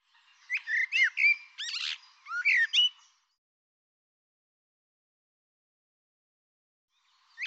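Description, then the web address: Bird song in a three-second burst of quick, varied notes, with slurred whistles, sharp chips and rising and falling tones, then a long quiet gap and one brief note at the end. "Deverinetal Bird Tu Me Tu Me"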